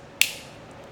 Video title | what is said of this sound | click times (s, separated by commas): Lexus 3IS Interior Lights | and then this will just slide together and it'll actually kind of snap into place | 0.2 s